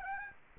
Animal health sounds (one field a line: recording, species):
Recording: mosquito wingbeat signal from an infrared sensor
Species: Aedes aegypti